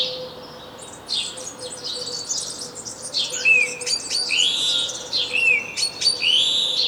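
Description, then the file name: House sparrow chirps, a long run of bright chirping notes after a quiet first second, with a steady low hum underneath. "Passer domesticus"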